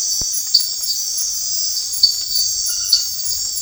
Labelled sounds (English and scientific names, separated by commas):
none